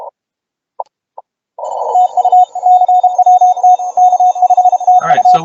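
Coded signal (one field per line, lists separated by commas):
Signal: Morse code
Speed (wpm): 31 wpm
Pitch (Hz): 730 Hz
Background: speech, radio noise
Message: TU CWT K5TU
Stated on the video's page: CWops Test (CWT) contest worked search-and-pounce on a Flex, recorded without the CW filter applied.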